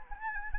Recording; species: mosquito wingbeat signal from an infrared sensor; Anopheles arabiensis